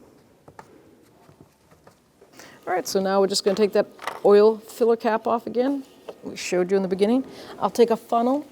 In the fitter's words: Center it push it up in and you'll have those three parts click right in